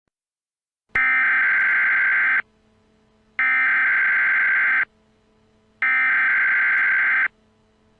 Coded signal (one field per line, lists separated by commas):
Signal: Emergency Alert System (SAME) tones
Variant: header bursts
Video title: EAS Scenario: The High School Massacre